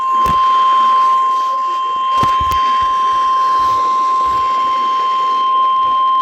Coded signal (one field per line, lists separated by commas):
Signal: Emergency Alert System (SAME) tones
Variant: 1050 Hz attention tone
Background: speech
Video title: Severe Thunderstorm Warning | EAS #47 gets interrupted by Severe Thunderstorm Watch | EAS #48